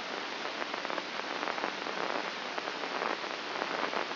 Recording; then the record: brain microelectrode recording played as sound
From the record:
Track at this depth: inside the subthalamic nucleus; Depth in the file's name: 3.431 mm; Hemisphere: left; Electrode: 3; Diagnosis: Parkinson's disease